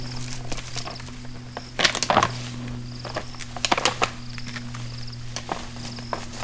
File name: Impala Fighting